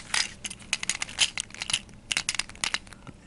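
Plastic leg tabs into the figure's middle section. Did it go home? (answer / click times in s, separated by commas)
no / none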